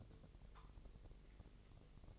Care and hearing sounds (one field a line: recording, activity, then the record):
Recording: daily activity, microphone in the room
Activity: take from stove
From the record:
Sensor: 4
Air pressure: 1000.1 hPa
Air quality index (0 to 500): 232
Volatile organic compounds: 32 ppm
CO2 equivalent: 3002 ppm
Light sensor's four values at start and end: 9/20/8/8 and 9/20/8/8